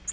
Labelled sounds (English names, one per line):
Nashville Warbler flight call